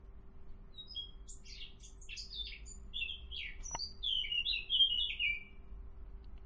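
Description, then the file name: Eurasian blackcap song, a rapid scratchy warble of varied notes between mid and high pitch, ending in clearer fluting phrases, over a steady low hum. "Sylvia atricapilla"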